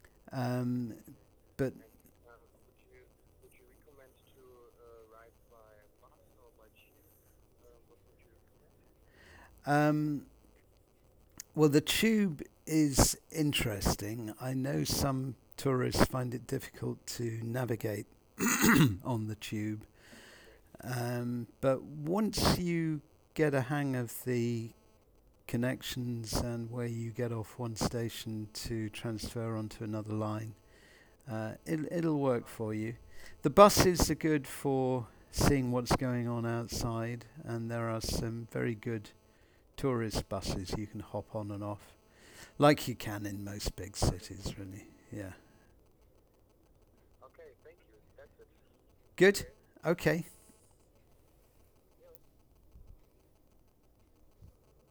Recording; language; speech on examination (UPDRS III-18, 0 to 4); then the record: conversation on a phone call; English; 0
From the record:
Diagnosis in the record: Parkinson's disease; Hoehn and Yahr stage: 2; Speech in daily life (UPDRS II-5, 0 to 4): 0